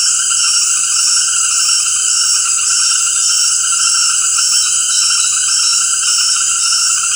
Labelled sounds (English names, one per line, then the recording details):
none
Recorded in dense forest near Puerto Asís, Putumayo, Colombia, on 19 February 2024 at 18:30
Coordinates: 0.472, -76.329
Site G6394